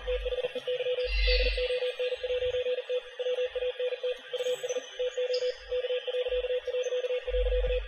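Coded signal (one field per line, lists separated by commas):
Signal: Morse code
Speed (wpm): 40 wpm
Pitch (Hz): 500 Hz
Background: music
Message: THEY DON'T WANT US TO K...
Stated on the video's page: Hidden Morse code in the Llama Emergency Broadcast shown on TVs inside the game Fortnite Battle Royale.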